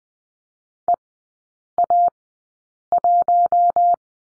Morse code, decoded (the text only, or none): EA1